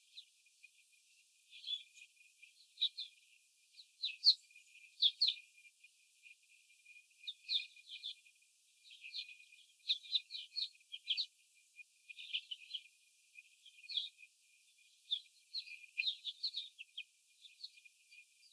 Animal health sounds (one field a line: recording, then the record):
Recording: young laying hens in a cage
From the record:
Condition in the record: before the stressor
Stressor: simulated dog barking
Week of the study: 4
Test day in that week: 3